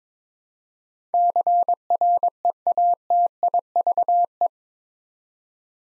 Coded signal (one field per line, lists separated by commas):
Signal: Morse code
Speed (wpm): 22 wpm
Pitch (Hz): 700 Hz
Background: none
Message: CREATIVE